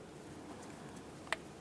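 A wiring harness plug is pressed onto the plastic connector of a knock sensor on a 2009-2010 Pontiac Vibe. After a low, steady background, one short, sharp click sounds at 1.3 s. The connector is seated, and a tug test confirms it.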